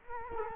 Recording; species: mosquito wingbeat signal from an infrared sensor; Culex quinquefasciatus